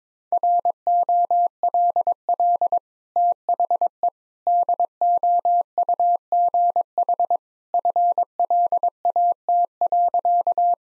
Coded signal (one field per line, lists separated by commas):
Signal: Morse code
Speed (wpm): 22 wpm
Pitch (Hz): 700 Hz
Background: none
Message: ROLL THE DOUGH FLAT.